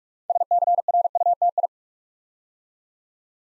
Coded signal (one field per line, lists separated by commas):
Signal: Morse code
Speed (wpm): 44 wpm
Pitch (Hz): 700 Hz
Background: none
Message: SCRUTI